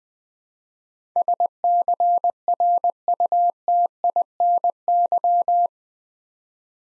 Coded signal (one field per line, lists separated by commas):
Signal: Morse code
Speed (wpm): 20 wpm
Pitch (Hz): 700 Hz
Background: none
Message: SCRUTINY